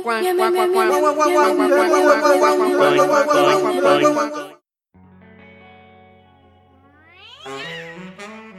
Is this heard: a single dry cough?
no